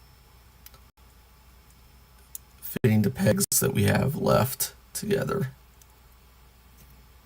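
The plastic back-of-head piece of a Blokees Transformers Galaxy 06 building-block figure is lined up with the remaining pegs on the head and handled, with a few faint handling ticks, including a sharp one around 2.4 seconds, over a quiet background while someone talks from about 2.8 to 5.6 seconds. The clip ends before the piece is pressed home, so nothing has seated or clicked yet.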